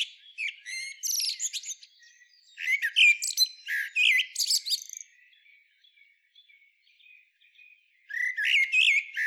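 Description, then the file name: Common blackbird song, several bursts of high chattering twitters and squeaky notes, then a longer stretch of faint twittering before another burst. "Turdus merula"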